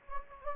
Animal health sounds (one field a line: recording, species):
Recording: mosquito wingbeat signal from an infrared sensor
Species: Anopheles gambiae